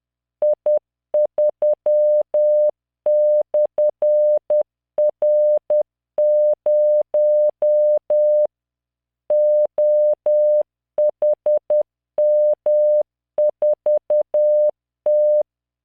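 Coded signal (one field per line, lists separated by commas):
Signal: Morse code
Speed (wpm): 10 wpm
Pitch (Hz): 600 Hz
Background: none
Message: I3/R0 OHM4T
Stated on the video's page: Morse practice drill of random five-character groups at 10 WPM with a 600 Hz tone and standard three-dot spacing, generated by Learning Morse training software.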